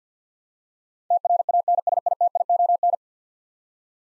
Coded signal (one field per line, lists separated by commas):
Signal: Morse code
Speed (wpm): 50 wpm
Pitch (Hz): 700 Hz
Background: none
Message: TRANSITION